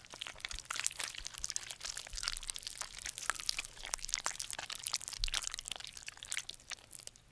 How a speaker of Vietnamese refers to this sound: Những cánh tay của nó chộp thẳng lấy cái thây, sau đó giật mạnh cái xác ra làm đôi. Ở ổ bụng của con quái vật ngoác ra một cái mồm mọc răng nhọn tua tủa. Trong cái miệng đỏ lòm to lớn, nó bắt đầu cắn xé cái thây một cách ngon lành.